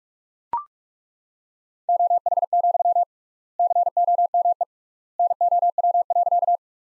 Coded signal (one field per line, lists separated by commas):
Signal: Morse code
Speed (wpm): 41 wpm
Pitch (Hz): 700 Hz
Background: none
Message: OH, COME NOW.